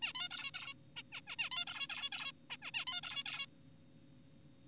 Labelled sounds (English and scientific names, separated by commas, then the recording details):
Zebra Finch (Taeniopygia guttata)
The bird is an adult
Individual g4p5U